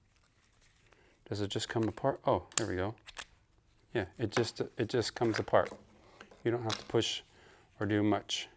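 Someone talks while handling the magnetic buckle of an Arcade Adventure Mag elastic belt, pulling the belt buckle tongue out of its magnetic clasp, with only a few faint handling sounds in the first second. The clip ends before the tongue goes back into the clasp, so nothing has seated or clicked yet.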